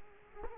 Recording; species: mosquito wingbeat signal from an infrared sensor; Culex quinquefasciatus